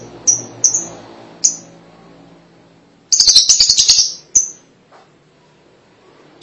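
Lovebird calls: a few sharp high chirps, a pause, then a short rapid chattering burst and more single chirps.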